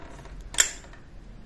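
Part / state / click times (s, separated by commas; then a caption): steering lock pin into steering column / seated / 0.6 s. With the ignition switched to OFF and the key pulled out, the steering wheel is turned until the mechanical steering lock pin engages the steering column. A sharp, bright click is heard at 0.6 s, with fainter ticks around it. The lock pin has seated and the column is locked.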